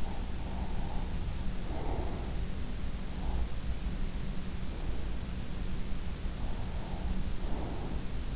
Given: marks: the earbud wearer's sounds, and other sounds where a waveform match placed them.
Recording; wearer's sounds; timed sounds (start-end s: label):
sounds in sleep by an in-ear microphone; breath
0.00-2.50 s: breath
3.23-5.22 s: breath
6.43-8.08 s: breath